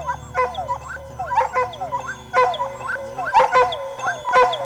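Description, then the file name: Dog giving quick, repeated whining yelps that slide up and down, about one per second, over a low droning hum. "dog recordings"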